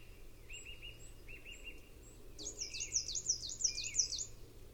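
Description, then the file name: Common chaffinch song, a bright flourish of repeated high downslurred notes in the second half, after soft repeated chirps over steady background hiss. "Fringilla coelebs"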